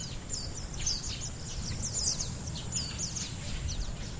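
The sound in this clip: Lowland white-eye calls: thin, high, downslurred chips scattered throughout, over a steady low rumble.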